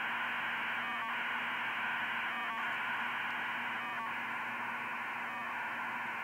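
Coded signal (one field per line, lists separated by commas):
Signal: radiosonde or satellite telemetry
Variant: 2400 baud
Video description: A test to see if 2400 baud can be used with my HAB flight computer. Received with a Funcube Dongle and Spectravue, demodulated in a modified fldigi.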